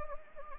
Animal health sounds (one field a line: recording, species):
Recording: mosquito wingbeat signal from an infrared sensor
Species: Anopheles gambiae